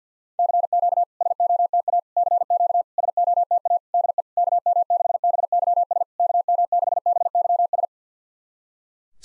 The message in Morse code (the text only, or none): CQ SOTA CQ SOTA DE KM6BYS KM6BYS